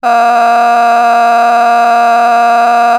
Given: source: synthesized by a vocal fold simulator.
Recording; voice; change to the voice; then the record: sustained vowel; female; a random mix of aspiration noise, stiffness perturbation and strain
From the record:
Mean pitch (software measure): 236 Hz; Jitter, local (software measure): 1.33%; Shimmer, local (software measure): 6.8%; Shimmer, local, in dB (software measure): 0.59 dB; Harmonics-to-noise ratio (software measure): 16.5 dB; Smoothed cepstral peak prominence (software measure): 16.4 dB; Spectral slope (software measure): -18.0 dB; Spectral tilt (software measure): -9.1 dB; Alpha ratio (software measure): -8.5 dB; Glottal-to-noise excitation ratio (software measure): 0.954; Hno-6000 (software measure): 1.8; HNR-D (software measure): 36.8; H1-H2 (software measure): -5.1 dB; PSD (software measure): 6.9e-05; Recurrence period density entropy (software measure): 0.117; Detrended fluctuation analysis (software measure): 0.0105